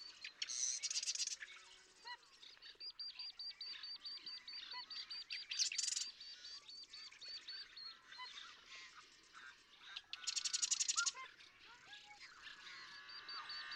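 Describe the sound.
Marsh Wren song, with harsh mechanical rattles repeating every few seconds over a busy background of rapid ticking notes and chatter.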